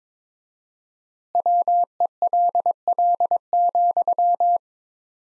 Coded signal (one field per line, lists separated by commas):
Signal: Morse code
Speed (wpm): 22 wpm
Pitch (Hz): 700 Hz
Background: none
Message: WELL,